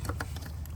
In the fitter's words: right and pop it up see just snaps in place so you know it's locked in